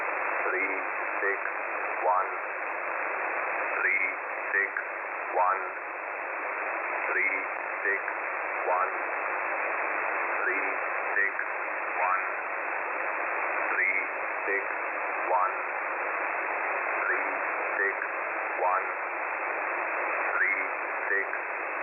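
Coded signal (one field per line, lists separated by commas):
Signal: numbers station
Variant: E07, English man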